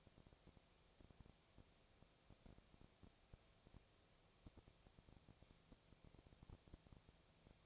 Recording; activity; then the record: daily activity, microphone in the room; no activity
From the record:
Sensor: 1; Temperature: 19.8 degrees Celsius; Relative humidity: 37.9%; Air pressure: 998.8 hPa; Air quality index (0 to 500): 233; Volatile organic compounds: 133 ppm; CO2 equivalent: 3942 ppm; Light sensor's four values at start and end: 1/2/1/1 and 1/2/1/1